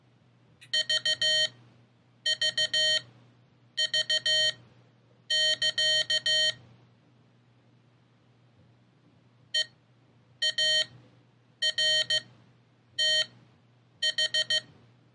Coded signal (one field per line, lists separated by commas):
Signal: Morse code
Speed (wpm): 15 wpm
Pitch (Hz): 3100 Hz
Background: none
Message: VVV<KA> EARTH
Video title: Morserino32: Will it teach you CW?